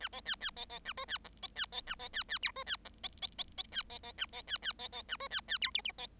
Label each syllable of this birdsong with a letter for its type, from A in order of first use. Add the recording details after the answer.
A B C C B B A D C E B C B A B C C F D C E B B B B C B B A B C C B B A D C C F G G B. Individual Bird7